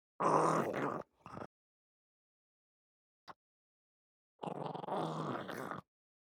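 Pug growling and groaning in two rough bursts, with a brief grunt and a click between them in an otherwise silent stretch.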